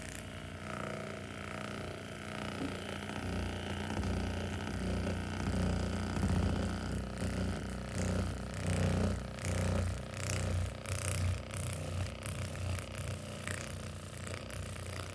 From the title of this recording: Spa full body massage with massager